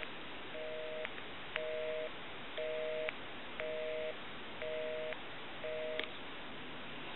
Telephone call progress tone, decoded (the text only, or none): busy tone